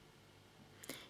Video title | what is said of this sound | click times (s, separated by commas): The Build of Valentino Rossi's YZR M1 Motorcycle Model Part 19 | don't know if you heard that click into place | 0.8 s, 0.9 s